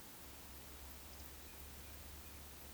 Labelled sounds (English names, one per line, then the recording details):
Eurasian Woodcock whistle
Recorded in Baden-Württemberg, Germany, on 9 May 2021 at 19:23 UTC
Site 23718, 552 m above sea level